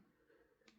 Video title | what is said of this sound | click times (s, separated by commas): SCX30 How to install Injora 22.5mm oil shocks and 23% overdrive | And we want to make sure these click into place. Just like that. | 0.7 s